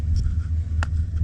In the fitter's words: hear that click you're latched